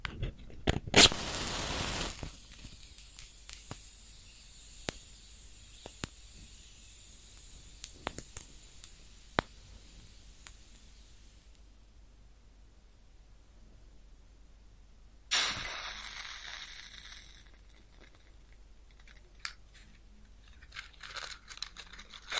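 Close up, a match strikes with a sharp, bright flare near the start, then burns with a thin steady hiss and scattered small crackles until about eleven seconds. After a quiet gap, a second hissing sizzle bursts out around fifteen seconds, fading with sparse pops.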